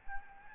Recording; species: mosquito wingbeat signal from an infrared sensor; Aedes albopictus